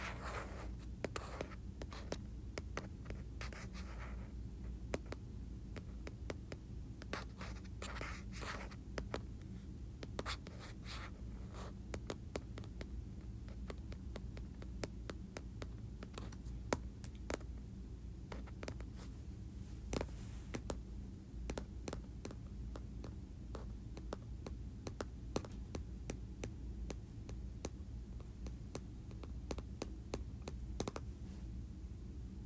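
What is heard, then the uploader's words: Quick, irregular metallic taps ring out bright over a steady low hum, coming in dense bursts throughout the half minute. ASMR Tapping Metal Surface.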